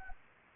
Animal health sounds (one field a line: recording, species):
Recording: mosquito wingbeat signal from an infrared sensor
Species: Anopheles arabiensis